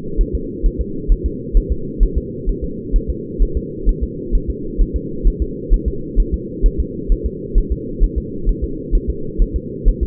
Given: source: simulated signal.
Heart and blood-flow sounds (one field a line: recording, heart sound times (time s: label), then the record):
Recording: fetal heart sounds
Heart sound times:
0.21 s: S1
0.35 s: S2
0.66 s: S1
0.81 s: S2
1.12 s: S1
1.26 s: S2
1.57 s: S1
1.72 s: S2
2.03 s: S1
2.18 s: S2
2.49 s: S1
2.64 s: S2
2.96 s: S1
3.10 s: S2
3.42 s: S1
3.57 s: S2
3.89 s: S1
4.03 s: S2
4.35 s: S1
4.50 s: S2
4.81 s: S1
4.96 s: S2
5.27 s: S1
5.42 s: S2
5.73 s: S1
5.88 s: S2
6.20 s: S1
6.34 s: S2
6.66 s: S1
6.80 s: S2
7.12 s: S1
7.26 s: S2
7.58 s: S1
7.72 s: S2
8.04 s: S1
8.18 s: S2
8.49 s: S1
8.64 s: S2
8.95 s: S1
9.10 s: S2
9.42 s: S1
9.56 s: S2
9.88 s: S1
10.03 s: S2
From the record:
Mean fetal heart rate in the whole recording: 130 bpm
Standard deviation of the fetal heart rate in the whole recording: 2 bpm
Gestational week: 38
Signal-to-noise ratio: -4.3 dB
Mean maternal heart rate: 72 bpm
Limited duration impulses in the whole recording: absent